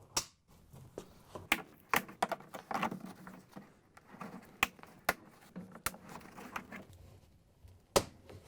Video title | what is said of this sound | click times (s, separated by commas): How To: Whirlpool/KitchenAid/Maytag Outer Tub Assembly W10193886 | you have the tub cover snapped into place we can put the agitator back into the tub we | 1.5 s, 1.9 s, 4.6 s, 5.1 s, 8.0 s